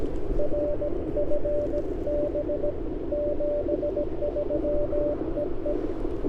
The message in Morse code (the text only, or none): RFB 73 EE